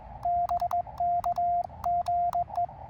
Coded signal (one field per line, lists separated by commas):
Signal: Morse code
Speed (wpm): 20 wpm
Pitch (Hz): 690 Hz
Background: radio noise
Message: BK GE